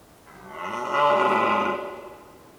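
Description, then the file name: Red deer roar: one long, hoarse, harmonic bellow that swells and then fades over about one and a half seconds, against a quiet background. Recorded on Volovec hill, Slovakia. "Cervus Elaphus Slovakia hill Volovec"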